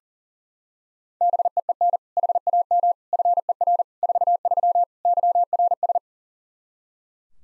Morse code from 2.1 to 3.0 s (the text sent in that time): HAM